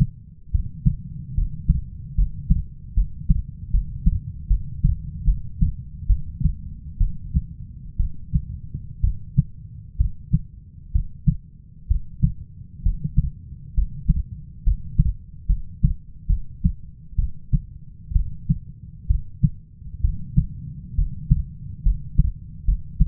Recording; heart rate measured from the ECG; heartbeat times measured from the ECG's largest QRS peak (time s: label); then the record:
heart sounds by stethoscope; 68 bpm
0.52 s: heartbeat
1.35 s: heartbeat
2.15 s: heartbeat
2.95 s: heartbeat
3.71 s: heartbeat
4.48 s: heartbeat
5.25 s: heartbeat
6.07 s: heartbeat
6.98 s: heartbeat
7.97 s: heartbeat
9.01 s: heartbeat
9.98 s: heartbeat
10.92 s: heartbeat
11.88 s: heartbeat
12.83 s: heartbeat
13.74 s: heartbeat
14.64 s: heartbeat
15.47 s: heartbeat
16.27 s: heartbeat
17.16 s: heartbeat
18.13 s: heartbeat
19.07 s: heartbeat
20.01 s: heartbeat
20.95 s: heartbeat
21.83 s: heartbeat
22.65 s: heartbeat
From the record:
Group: healthy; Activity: cold pressor test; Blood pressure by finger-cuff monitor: 137/64 mmHg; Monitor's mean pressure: 88 mmHg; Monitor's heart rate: 67 bpm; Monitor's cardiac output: 6.7 L/min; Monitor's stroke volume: 99 mL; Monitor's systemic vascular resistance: 960 dyn s/cm5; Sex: female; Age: 37 years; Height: 168 cm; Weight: 70 kg